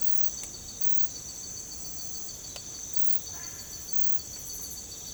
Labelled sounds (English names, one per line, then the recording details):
none
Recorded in secondary vegetation near Puerto Asís, Putumayo, Colombia, on 21 December 2024 at 05:00
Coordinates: 0.468, -76.324
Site G095